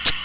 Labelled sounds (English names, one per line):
Common Yellowthroat flight call